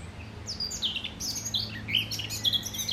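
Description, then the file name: Eurasian blackcap, a short burst of quick descending whistles and scratchy chirps, with low rumbling noise beneath. "Sylvia atricapilla"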